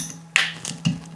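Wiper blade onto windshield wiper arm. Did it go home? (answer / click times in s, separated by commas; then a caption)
yes / 0.4 s. A Rain-X wiper blade adapter is pushed onto the windshield wiper arm of a Bronco Sport and snaps into place with a sharp, bright click at 0.4 s. Softer taps and a low thump follow, over a faint steady hum. The blade is seated on the arm.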